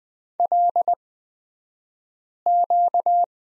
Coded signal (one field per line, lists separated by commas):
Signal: Morse code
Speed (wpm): 20 wpm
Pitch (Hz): 700 Hz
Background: none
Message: LQ